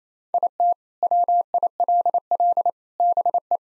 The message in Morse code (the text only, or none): IT WILL BE